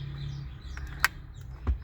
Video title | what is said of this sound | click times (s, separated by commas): How to replace shift lever assembly in Kia Sportage | Start by reconnecting its electrical connector, pressing it in until the locking tab clicks in place. | 1.0 s